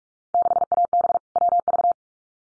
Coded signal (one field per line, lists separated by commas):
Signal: Morse code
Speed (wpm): 44 wpm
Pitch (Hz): 700 Hz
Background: none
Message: 6AB WV